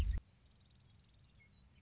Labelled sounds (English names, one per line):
Western Meadowlark